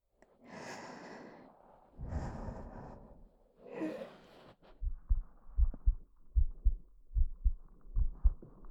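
An adult woman's normal heartbeat, heard close up.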